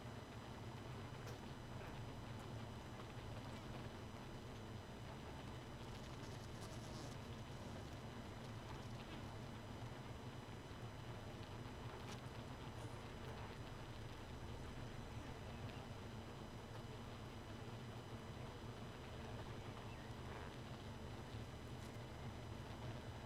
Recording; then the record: honeybee colony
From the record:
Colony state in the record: missing queen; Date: 31 May 2018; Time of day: 2:44